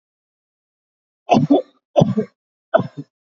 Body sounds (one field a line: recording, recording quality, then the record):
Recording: heavy voluntary cough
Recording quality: excellent, no background noise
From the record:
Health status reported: recovered from COVID-19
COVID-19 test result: positive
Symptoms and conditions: cough, cold, fever, loss of smell and taste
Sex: male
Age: 32 years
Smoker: not ticked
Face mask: not worn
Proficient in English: yes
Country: India